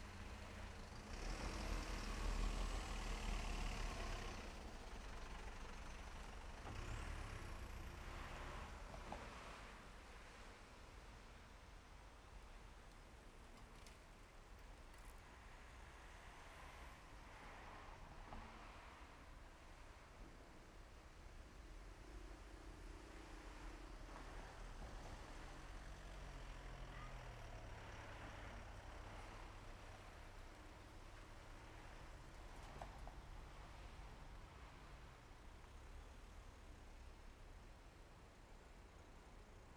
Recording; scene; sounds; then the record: everyday scene through a hearing-aid microphone; in traffic; traffic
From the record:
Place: main road on the outskirts, rush hour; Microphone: behind the ear, left, rear